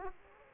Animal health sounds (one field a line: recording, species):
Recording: mosquito wingbeat signal from an infrared sensor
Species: Aedes aegypti